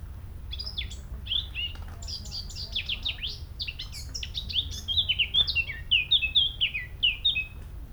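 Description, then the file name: Eurasian blackcap singing: several seconds of busy, scratchy chattering warble give way to loud, clear fluted notes repeated in a quick rhythmic series, over a low background rumble. "Sylvia atricapilla"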